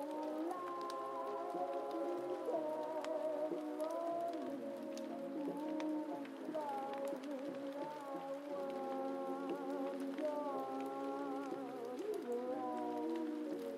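Muffled oldies music drifts from another room, sustained low-mid tones and gliding melody at a steady level, with faint soft hiss underneath.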